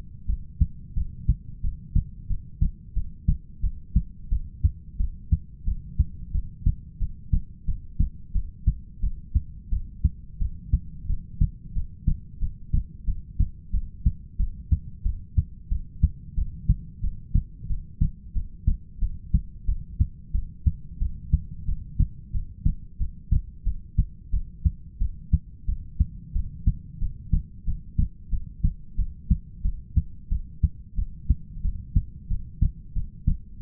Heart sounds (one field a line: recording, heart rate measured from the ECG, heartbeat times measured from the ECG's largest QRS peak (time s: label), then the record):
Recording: heart sounds by stethoscope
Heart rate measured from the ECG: 90 bpm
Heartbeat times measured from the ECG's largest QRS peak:
0.28 s: heartbeat
0.95 s: heartbeat
1.63 s: heartbeat
2.29 s: heartbeat
2.95 s: heartbeat
3.62 s: heartbeat
4.30 s: heartbeat
4.98 s: heartbeat
5.66 s: heartbeat
6.33 s: heartbeat
7.00 s: heartbeat
7.66 s: heartbeat
8.34 s: heartbeat
9.02 s: heartbeat
9.71 s: heartbeat
10.40 s: heartbeat
11.08 s: heartbeat
11.74 s: heartbeat
12.40 s: heartbeat
13.06 s: heartbeat
13.72 s: heartbeat
14.38 s: heartbeat
15.04 s: heartbeat
15.70 s: heartbeat
16.36 s: heartbeat
17.02 s: heartbeat
17.68 s: heartbeat
18.34 s: heartbeat
19.00 s: heartbeat
19.67 s: heartbeat
20.33 s: heartbeat
21.00 s: heartbeat
21.67 s: heartbeat
22.33 s: heartbeat
22.99 s: heartbeat
23.65 s: heartbeat
24.32 s: heartbeat
25.00 s: heartbeat
25.67 s: heartbeat
26.34 s: heartbeat
27.00 s: heartbeat
27.66 s: heartbeat
28.31 s: heartbeat
28.97 s: heartbeat
29.63 s: heartbeat
30.30 s: heartbeat
30.97 s: heartbeat
31.63 s: heartbeat
32.29 s: heartbeat
32.94 s: heartbeat
33.59 s: heartbeat
From the record:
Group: heart failure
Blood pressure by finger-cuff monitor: 99/66 mmHg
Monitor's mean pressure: 79 mmHg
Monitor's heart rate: 91 bpm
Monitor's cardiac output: 7.9 L/min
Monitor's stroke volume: 88 mL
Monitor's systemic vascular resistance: 730 dyn s/cm5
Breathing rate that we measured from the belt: 12 breaths a minute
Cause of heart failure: ischemic heart disease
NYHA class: 1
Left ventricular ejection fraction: 38%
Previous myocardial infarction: absent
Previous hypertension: absent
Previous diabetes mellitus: present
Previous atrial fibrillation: absent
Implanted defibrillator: absent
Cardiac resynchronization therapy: absent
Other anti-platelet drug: absent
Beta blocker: bisoprolol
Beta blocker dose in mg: 15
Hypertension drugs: sacubitril-valsartan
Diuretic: furosemide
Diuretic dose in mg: 20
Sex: male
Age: 33 years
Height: 172 cm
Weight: 78.5 kg